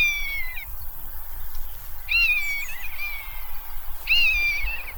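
Common buzzard giving drawn-out, plaintive mewing calls, three calls about two seconds apart, over a low background rumble.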